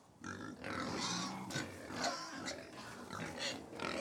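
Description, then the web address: Pigs grunting and squealing while feeding, deep grunts running through along with scattered higher squeals and snorts. About 100 pigs feeding; livestock. "BBC Sound Effects Library BBC Livestock 1 Approx 100 Pigs Feeding - Middle"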